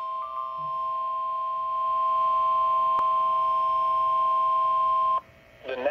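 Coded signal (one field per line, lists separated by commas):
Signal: Emergency Alert System (SAME) tones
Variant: 1050 Hz attention tone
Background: music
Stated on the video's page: Flash flood warning heard on NOAA Weather Radio, with EAS footage also from WUWF.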